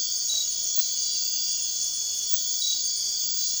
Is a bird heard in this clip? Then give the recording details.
no. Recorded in dense forest near Puerto Asís, Putumayo, Colombia, on 21 March 2025 at 00:30. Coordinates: 0.499, -76.324. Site GP03